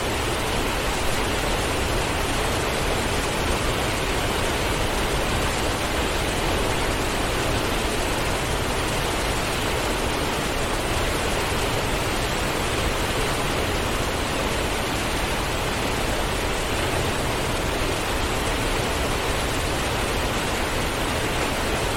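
A waterfall pours without pause, a dense, even rush of water that fills everything from a low rumble to a bright hiss. The roar holds at one steady level for the whole stretch, with no separate splashes or other sounds rising out of it.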